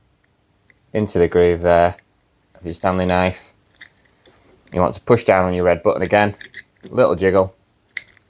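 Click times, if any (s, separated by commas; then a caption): 8.0 s. A replacement blade is pushed into the groove of the blade carrier of a Stanley FatMax utility knife while the red release button is held down and the blade is jiggled. Someone talks, with small clicks and handling noises in the pauses. The blade clicks and locks into place at 8.0 s.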